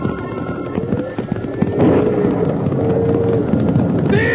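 A cattle stampede on a cattle drive, set off by a big crack of thunder: a loud, continuous rumble of many pounding hoofbeats, dense and unbroken, with a few drawn-out lowing tones rising over the din.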